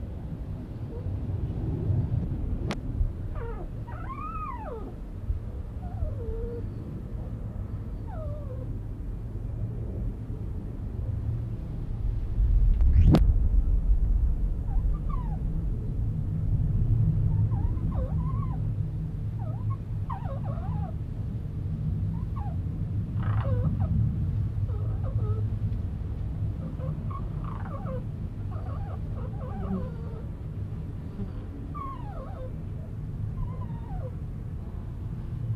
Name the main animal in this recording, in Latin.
Vulpes corsac